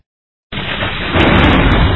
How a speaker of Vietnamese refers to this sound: Như để khiêu chiến với Mạnh, ngoài trời bỗng nổ lớn một tiếng sét cắt ngang lời anh.